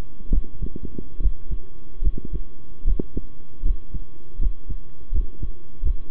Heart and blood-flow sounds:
heart sounds by stethoscope; between the tricuspid and mitral areas; 76 bpm
0.31 s: heartbeat
1.20 s: heartbeat
2.02 s: heartbeat
2.85 s: heartbeat
3.63 s: heartbeat
4.39 s: heartbeat
5.12 s: heartbeat
5.82 s: heartbeat
From the record:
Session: rest, sitting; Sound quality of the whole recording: good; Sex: male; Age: 23 years

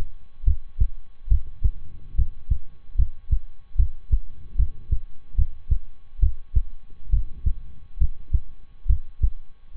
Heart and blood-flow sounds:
heart sounds by stethoscope; between the tricuspid and mitral areas; 71 bpm
0.43 s: heartbeat
1.27 s: heartbeat
2.14 s: heartbeat
2.95 s: heartbeat
3.75 s: heartbeat
4.55 s: heartbeat
5.35 s: heartbeat
6.19 s: heartbeat
7.09 s: heartbeat
7.97 s: heartbeat
8.86 s: heartbeat
9.76 s: heartbeat
From the record:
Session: rest, lying down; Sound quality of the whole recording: good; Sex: male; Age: 23 years

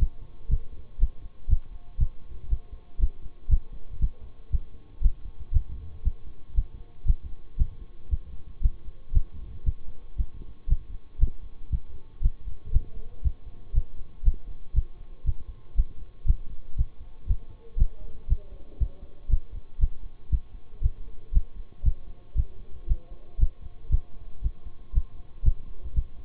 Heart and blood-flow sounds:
heart sounds by stethoscope; between the tricuspid and mitral areas; 118 bpm
0.48 s: heartbeat
0.99 s: heartbeat
1.48 s: heartbeat
1.98 s: heartbeat
2.48 s: heartbeat
2.99 s: heartbeat
3.49 s: heartbeat
3.99 s: heartbeat
4.50 s: heartbeat
5.01 s: heartbeat
5.52 s: heartbeat
6.03 s: heartbeat
6.54 s: heartbeat
7.05 s: heartbeat
7.57 s: heartbeat
8.09 s: heartbeat
8.61 s: heartbeat
9.12 s: heartbeat
9.64 s: heartbeat
10.16 s: heartbeat
10.68 s: heartbeat
11.19 s: heartbeat
11.70 s: heartbeat
12.21 s: heartbeat
12.72 s: heartbeat
13.22 s: heartbeat
13.73 s: heartbeat
14.23 s: heartbeat
14.74 s: heartbeat
15.24 s: heartbeat
15.75 s: heartbeat
16.26 s: heartbeat
16.76 s: heartbeat
17.27 s: heartbeat
17.77 s: heartbeat
18.28 s: heartbeat
18.78 s: heartbeat
19.29 s: heartbeat
19.79 s: heartbeat
20.30 s: heartbeat
20.81 s: heartbeat
21.32 s: heartbeat
21.83 s: heartbeat
22.35 s: heartbeat
22.87 s: heartbeat
23.38 s: heartbeat
23.90 s: heartbeat
24.42 s: heartbeat
24.93 s: heartbeat
25.43 s: heartbeat
25.94 s: heartbeat
From the record:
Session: bicycle stress test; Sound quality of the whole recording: good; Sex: male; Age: 26 years

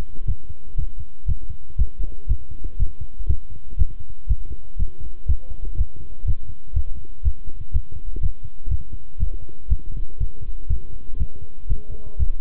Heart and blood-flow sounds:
heart sounds by stethoscope; between the tricuspid and mitral areas; 120 bpm
0.27 s: heartbeat
0.78 s: heartbeat
1.28 s: heartbeat
1.78 s: heartbeat
2.29 s: heartbeat
2.79 s: heartbeat
3.29 s: heartbeat
3.79 s: heartbeat
4.29 s: heartbeat
4.79 s: heartbeat
5.28 s: heartbeat
5.78 s: heartbeat
6.27 s: heartbeat
6.75 s: heartbeat
7.25 s: heartbeat
7.74 s: heartbeat
8.22 s: heartbeat
8.71 s: heartbeat
9.20 s: heartbeat
9.70 s: heartbeat
10.20 s: heartbeat
10.70 s: heartbeat
11.19 s: heartbeat
11.69 s: heartbeat
12.25 s: heartbeat
From the record:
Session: walking at 3.7 km/h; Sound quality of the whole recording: good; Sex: male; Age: 25 years

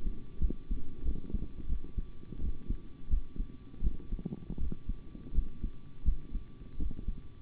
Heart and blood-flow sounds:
heart sounds by stethoscope; between the tricuspid and mitral areas; 85 bpm
0.40 s: heartbeat
1.03 s: heartbeat
1.67 s: heartbeat
2.39 s: heartbeat
3.09 s: heartbeat
3.82 s: heartbeat
4.58 s: heartbeat
5.33 s: heartbeat
6.03 s: heartbeat
6.77 s: heartbeat
From the record:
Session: rest, sitting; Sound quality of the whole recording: good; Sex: male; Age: 25 years

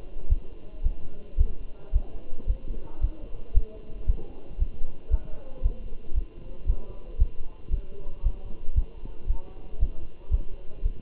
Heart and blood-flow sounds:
heart sounds by stethoscope; between the tricuspid and mitral areas; 114 bpm
0.31 s: heartbeat
0.85 s: heartbeat
1.40 s: heartbeat
1.95 s: heartbeat
2.49 s: heartbeat
3.03 s: heartbeat
3.56 s: heartbeat
4.08 s: heartbeat
4.61 s: heartbeat
5.12 s: heartbeat
5.65 s: heartbeat
6.17 s: heartbeat
6.68 s: heartbeat
7.20 s: heartbeat
7.73 s: heartbeat
8.25 s: heartbeat
8.77 s: heartbeat
9.29 s: heartbeat
9.81 s: heartbeat
10.33 s: heartbeat
10.85 s: heartbeat
From the record:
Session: Bruce protocol treadmill stress test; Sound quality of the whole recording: good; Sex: male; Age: 27 years

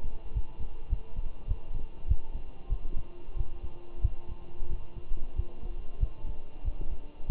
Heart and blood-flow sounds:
heart sounds by stethoscope; between the tricuspid and mitral areas; 95 bpm
0.34 s: heartbeat
0.90 s: heartbeat
1.48 s: heartbeat
2.09 s: heartbeat
2.70 s: heartbeat
3.37 s: heartbeat
4.02 s: heartbeat
4.70 s: heartbeat
5.37 s: heartbeat
6.01 s: heartbeat
6.65 s: heartbeat
7.27 s: heartbeat
From the record:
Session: walking at 3.7 km/h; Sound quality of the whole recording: good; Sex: male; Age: 23 years

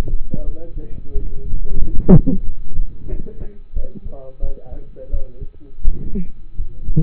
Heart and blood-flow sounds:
heart sounds by stethoscope; between the tricuspid and mitral areas; 88 bpm
0.44 s: heartbeat
1.12 s: heartbeat
1.79 s: heartbeat
2.44 s: heartbeat
3.09 s: heartbeat
3.74 s: heartbeat
4.40 s: heartbeat
5.10 s: heartbeat
5.82 s: heartbeat
6.56 s: heartbeat
From the record:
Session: rest, lying down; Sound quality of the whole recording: partially saturated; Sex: male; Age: 27 years

